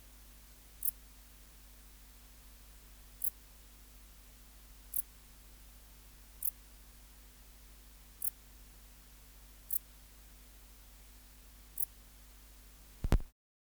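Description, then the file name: Dark bush-cricket chirping, short sharp high chirps roughly every one and a half to two and a half seconds, a low hum beneath, and a click at the end. "Pholiodoptera grisecaptera"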